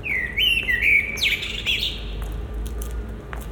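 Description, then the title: Common blackbird song: a mellow fluted warble of low whistled notes followed by a higher scratchy twittering flourish, over a steady low background hum. Recorded at Résidence Sainte-Gertrude in the Marolles, Brussels, Belgium, with a Sony PCM-M10 and Luhd PM-01 binaural microphones. "Marolles, 1000 Bruxelles, Belgique - Résidence Sainte-Gertrude - Merle - Blackbird"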